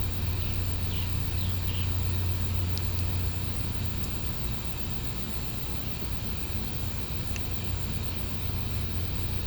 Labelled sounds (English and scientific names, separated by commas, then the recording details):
none
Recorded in pastures near Puerto Asís, Putumayo, Colombia, on 20 December 2024 at 17:00
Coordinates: 0.505, -76.324
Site G063